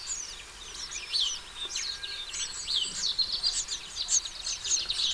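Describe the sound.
Busy House sparrow chirping, short sharp notes tumbling over each other, growing slightly louder toward the end.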